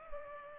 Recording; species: mosquito wingbeat signal from an infrared sensor; Culex pipiens